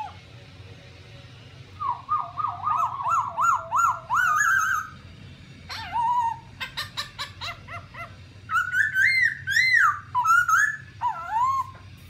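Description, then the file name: Black-throated laughingthrush singing rich, wavering whistled phrases that rise and fall, broken by short harsh notes, with a constant low background hum. "tieng khuou bac ma hot"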